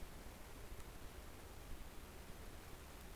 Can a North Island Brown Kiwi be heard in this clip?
no